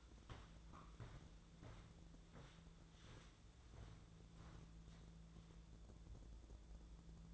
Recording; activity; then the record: daily activity, microphone in the room; walk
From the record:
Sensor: 3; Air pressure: 1005.5 hPa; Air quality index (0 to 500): 94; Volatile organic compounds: 3 ppm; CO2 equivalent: 1470 ppm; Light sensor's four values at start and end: 10/24/10/9 and 10/23/10/9